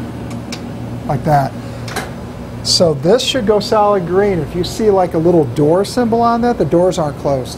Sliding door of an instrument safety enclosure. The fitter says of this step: so what I like to do is I'd like to just bring this one in and you can hear the click and then I just like